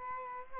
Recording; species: mosquito wingbeat signal from an infrared sensor; Aedes albopictus